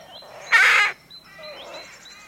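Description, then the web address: Rook's single loud, rasping caw, followed by quieter hoarse calls and thin squeaky notes. Rookery with nests holding nestlings. "Sound Effects-BBC Rooks"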